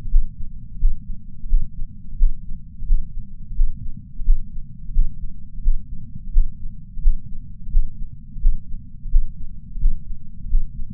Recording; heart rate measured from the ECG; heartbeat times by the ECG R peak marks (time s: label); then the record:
heart sounds by patch sensor on the chest; 87 bpm
0.10 s: heartbeat
0.80 s: heartbeat
1.49 s: heartbeat
2.17 s: heartbeat
2.86 s: heartbeat
3.56 s: heartbeat
4.24 s: heartbeat
4.93 s: heartbeat
5.63 s: heartbeat
6.32 s: heartbeat
7.01 s: heartbeat
7.71 s: heartbeat
8.40 s: heartbeat
9.10 s: heartbeat
9.80 s: heartbeat
10.49 s: heartbeat
From the record:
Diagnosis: coronary artery disease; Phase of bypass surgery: postoperative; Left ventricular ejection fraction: 69.2%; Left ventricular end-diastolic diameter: 44 mm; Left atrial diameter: 37 mm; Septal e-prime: 6.9 cm/s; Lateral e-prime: 8.2 cm/s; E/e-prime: 11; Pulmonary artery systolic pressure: 21 mmHg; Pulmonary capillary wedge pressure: 12 mmHg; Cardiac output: 4.9 L/min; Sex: male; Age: 63 years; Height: 170 cm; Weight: 85 kg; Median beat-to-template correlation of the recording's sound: 0.93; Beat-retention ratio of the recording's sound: 0.99